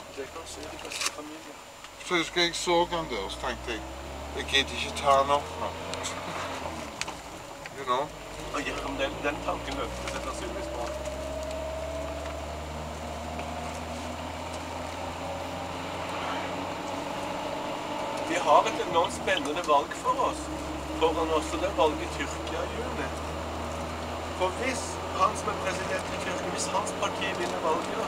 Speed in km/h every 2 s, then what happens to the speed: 9, 10, 16, 16, 21, 25, 28, 31, 34, 34, 37, 40, 44, 47.
0-28 speeds up to 47.